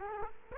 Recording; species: mosquito wingbeat signal from an infrared sensor; Culex quinquefasciatus